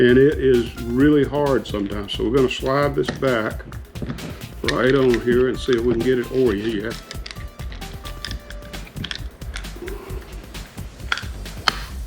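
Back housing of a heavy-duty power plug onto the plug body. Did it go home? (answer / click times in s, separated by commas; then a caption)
yes / 11.1 s, 11.7 s. Someone talks while sliding the plastic back housing of a heavy-duty power plug onto the plug body during the rebuild of a heavy rubber-cord extension plug, where the backs are hard to line up. Light handling ticks follow, then sharp snaps at 11.1 s and 11.7 s as the housing snaps into place and seats.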